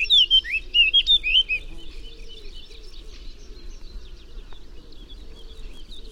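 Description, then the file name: Eurasian blackcap gives a loud phrase of clear fluty whistles in the first second and a half, followed by a soft, faint chattering warble. "Sylvia atricapilla"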